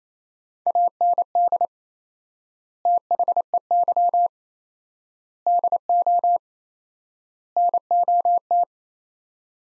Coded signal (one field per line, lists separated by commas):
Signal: Morse code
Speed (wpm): 27 wpm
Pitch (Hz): 700 Hz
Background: none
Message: AND THEY DO NOT